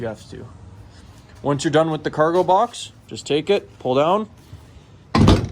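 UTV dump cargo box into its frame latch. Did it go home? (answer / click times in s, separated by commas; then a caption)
yes / 5.2 s. Someone talks, then the tilted dump cargo box of a 2022 CFMOTO UForce 600 side-by-side is pulled down into its frame. Its latch catches at 5.2 s with a loud, sharp, door-like click, and the box is seated shut.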